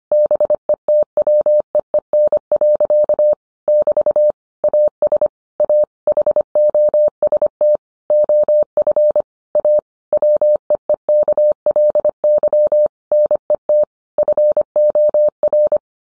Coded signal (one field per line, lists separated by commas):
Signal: Morse code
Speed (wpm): 25 wpm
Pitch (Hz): 600 Hz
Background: none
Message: BETWEEN. <BT> AS A HOST OF A WEEKLY NET FOR